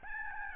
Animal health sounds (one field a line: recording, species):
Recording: mosquito wingbeat signal from an infrared sensor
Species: Aedes albopictus